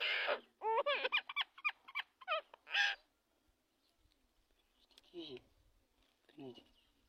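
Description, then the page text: Common myna calling: harsh rasping bursts mixed with quick warbled speech-like notes, then a quieter pause and two softer wavering phrases. Indian myna described as a talking bird that speaks to people. "#طائر_المينا #طائر_المينا_المتكلم #طائر_المينا_الهندي_يكلم_البشر_عجيب #طائر_الميناء_الهندي"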